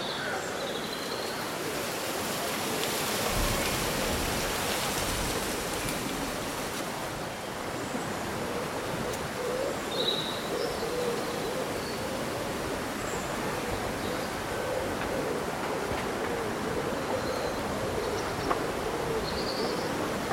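Summer wind rustles through leaves in a dense, steady hiss that is a little fuller during the first seven seconds. Brief, high bird chirps break through now and then, around one, nine to ten, fifteen and nineteen seconds.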